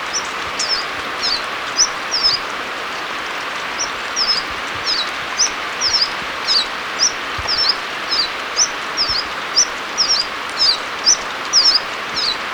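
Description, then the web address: Blue-backed conebill giving many sharp, high single chip notes in a quick, slightly irregular series over a steady background hiss. Ecuador. "Natures Songs S America Birds of Ecuador. Blue-Backed Conebill"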